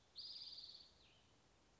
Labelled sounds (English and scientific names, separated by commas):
Spotted Towhee (Pipilo maculatus)